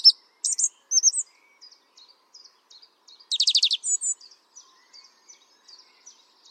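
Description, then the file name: Song thrush song: a few bright opening notes, a rapid buzzy trill, then a short whistled phrase, with soft high twittering throughout. "singdrossel"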